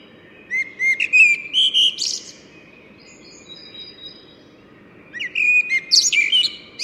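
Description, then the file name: Common blackbird song in two bursts: clear whistled notes sliding into shrill, high twittering flourishes, a faint thin whistle between, steady low noise beneath. "Turdus merula"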